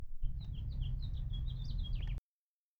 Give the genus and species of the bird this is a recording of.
Haemorhous mexicanus